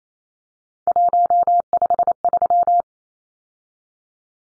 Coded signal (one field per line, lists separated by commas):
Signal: Morse code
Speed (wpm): 28 wpm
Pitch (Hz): 700 Hz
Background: none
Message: 153